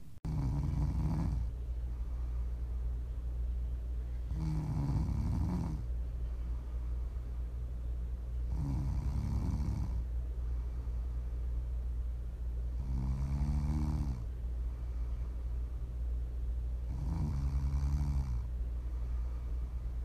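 Regular low, rattling snores from an adult sleeper about every four seconds, roughly 15 per minute, over a steady low background hum.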